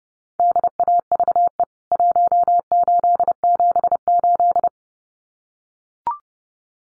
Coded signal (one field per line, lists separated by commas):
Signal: Morse code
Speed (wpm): 30 wpm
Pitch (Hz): 700 Hz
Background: none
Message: DAVE 1878